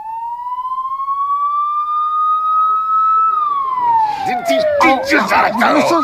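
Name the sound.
police car siren approaching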